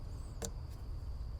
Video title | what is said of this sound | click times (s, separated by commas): How to Clean Throttle Body on a 2004-2008 Ford F-150 | So you're just going to pop that one back on there and it should click into place. | 0.4 s